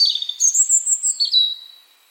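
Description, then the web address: European robin song phrase with a scratchy opening, a long thin high whistle, then a lower, slightly wavering trill fading out. "Deverinetal 2025 File origin Bird Only Er Ru"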